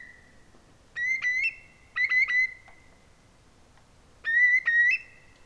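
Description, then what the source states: Eurasian curlew calling with clear ringing, slightly bubbling whistles: two bursts about a second apart, a pause, then a third burst. Lytchett Matravers, possibly recorded on 7 March 2018.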